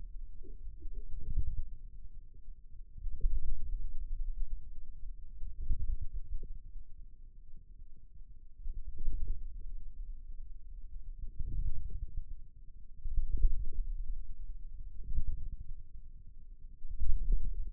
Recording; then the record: forearm muscle sounds (acoustic myography)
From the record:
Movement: inward rotation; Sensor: system 2, bracelet of six BSWA MPA416 microphones around the upper forearm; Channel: 3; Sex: male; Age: 22 years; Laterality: right